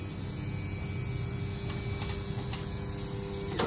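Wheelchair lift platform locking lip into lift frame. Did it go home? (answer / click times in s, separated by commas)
no / none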